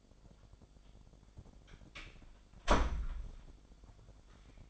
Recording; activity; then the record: daily activity, microphone in the room; close door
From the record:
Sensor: 5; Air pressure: 1007.2 hPa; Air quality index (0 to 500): 171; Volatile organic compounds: 4 ppm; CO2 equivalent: 1636 ppm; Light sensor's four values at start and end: 57/160/62/62 and 56/157/61/61